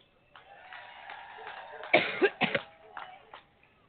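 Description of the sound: Over a steady murmur from a large room, she gives a quick run of three or four harsh, dry coughs, followed by a couple of softer throat-clearing coughs. It is a brief on-air coughing spell during a public speech.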